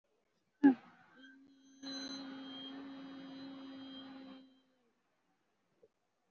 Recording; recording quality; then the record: sustained vowel as in beet; excellent, no background noise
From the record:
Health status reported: COVID-19 positive, mild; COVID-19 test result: positive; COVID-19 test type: RT-PCR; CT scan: not taken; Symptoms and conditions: sore throat, fever, loss of smell and taste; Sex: female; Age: 18 years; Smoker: no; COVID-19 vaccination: none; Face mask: worn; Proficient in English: yes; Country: India